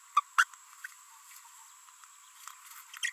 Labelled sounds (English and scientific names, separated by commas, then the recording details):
Green-rumped Parrotlet (Forpus passerinus) babbling
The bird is a female
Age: 28 days
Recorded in a nest box in Venezuela
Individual 17B42B2